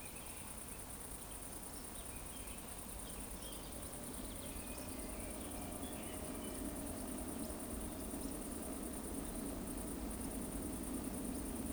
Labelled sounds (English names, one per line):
Eurasian Woodcock whistle
Eurasian Woodcock chase call